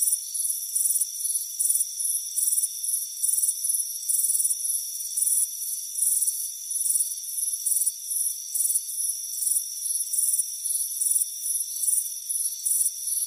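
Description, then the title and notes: Cricket chirping in dense high trilled bursts close together, over a constant ringing hum. Warm afternoon, front porch. "Soothing Crickets Chirping Sound. It's a warm afternoon as you relax in a hammock on the front porch"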